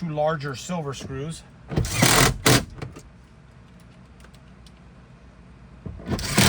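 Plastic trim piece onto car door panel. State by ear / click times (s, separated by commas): not seated / none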